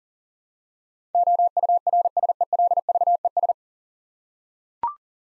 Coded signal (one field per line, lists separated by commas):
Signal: Morse code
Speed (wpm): 38 wpm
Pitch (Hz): 700 Hz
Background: none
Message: OURSELVES